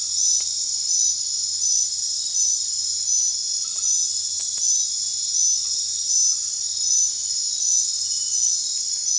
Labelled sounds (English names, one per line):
none